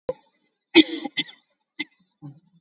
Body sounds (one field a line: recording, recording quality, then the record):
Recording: heavy voluntary cough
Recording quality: excellent, no background noise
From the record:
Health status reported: COVID-19 positive, moderate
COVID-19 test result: positive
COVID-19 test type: RT-PCR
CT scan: taken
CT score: 3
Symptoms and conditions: cough, sore throat, fever, fatigue, muscle pain, diabetes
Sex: female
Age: 62 years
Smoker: no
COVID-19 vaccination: one dose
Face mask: worn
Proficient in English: yes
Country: India